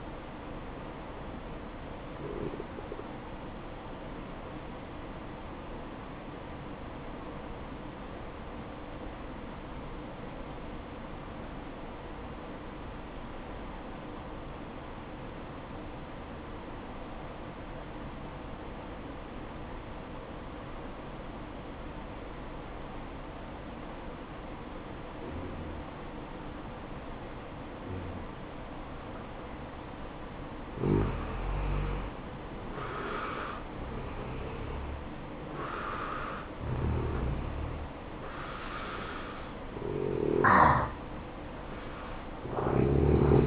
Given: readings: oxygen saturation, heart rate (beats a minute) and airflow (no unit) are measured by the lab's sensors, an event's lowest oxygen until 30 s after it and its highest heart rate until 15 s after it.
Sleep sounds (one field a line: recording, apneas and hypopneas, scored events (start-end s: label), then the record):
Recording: breathing in sleep by a voice recorder at the bedside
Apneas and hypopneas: 1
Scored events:
7.00-31.60 s: obstructive apnea (N1, oxygen 96% highest, then 87% lowest, heart rate 61 at the start, 68 highest)
From the record:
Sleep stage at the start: N1 (lightest sleep)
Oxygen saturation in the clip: 84 to 96%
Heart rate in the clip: 56 to 68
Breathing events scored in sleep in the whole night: 573 in 9.8 hours asleep